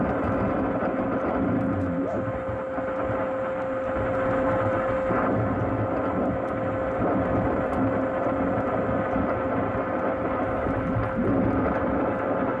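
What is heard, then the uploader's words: Radio frequency interference on an AM radio tuned to 1620 makes a steady, dense hiss and rumble with a constant mid-pitched whine running through it. Faint ticks and crackles come and go on top, and the level barely changes throughout. RF Radio Frequency Interference 1620AM.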